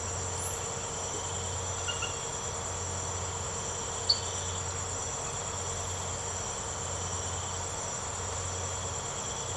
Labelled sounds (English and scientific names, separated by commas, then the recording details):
none
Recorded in secondary vegetation near Puerto Asís, Putumayo, Colombia, on 24 March 2025 at 02:00
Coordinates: 0.468, -76.324
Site G059